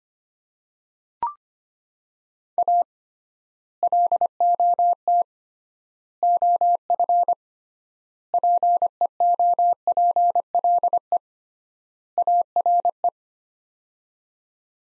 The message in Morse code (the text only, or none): A LOT OF PEOPLE ARE